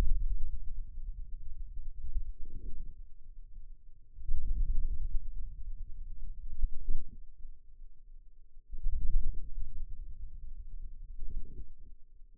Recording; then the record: forearm muscle sounds (acoustic myography)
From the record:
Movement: wrist flexion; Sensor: system 2, bracelet of six BSWA MPA416 microphones around the upper forearm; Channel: 6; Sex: male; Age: 22 years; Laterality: right